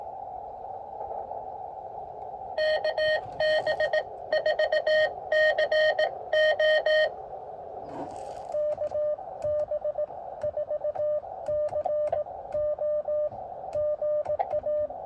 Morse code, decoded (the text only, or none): KB4CO KB4CO GA